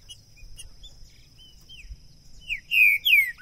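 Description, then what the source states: Green-winged saltator: faint short notes, then a loud pair of downslurred whistles at the end, over a quiet background. Used to warm up a bird for singing competition; two birds taken into the woods; calling, singing and male territorial display (macheando); 2022.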